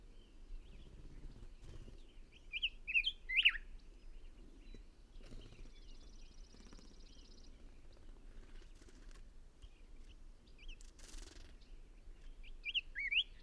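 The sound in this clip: Bird song heard as a few sparse high chirps and short whistled notes over steady low background noise.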